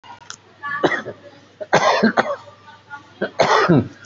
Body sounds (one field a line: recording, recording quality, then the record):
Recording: shallow voluntary cough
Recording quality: moderate, slight background noise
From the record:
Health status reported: respiratory illness, not identified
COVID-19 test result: negative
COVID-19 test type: RT-PCR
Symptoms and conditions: cough, cold, breathing difficulty, fever, asthma, chronic lung disease, another respiratory illness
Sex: male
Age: 51 years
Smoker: no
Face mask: not worn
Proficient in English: no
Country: India